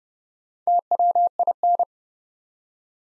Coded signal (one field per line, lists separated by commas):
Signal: Morse code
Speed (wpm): 30 wpm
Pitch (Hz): 700 Hz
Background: none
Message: TWIN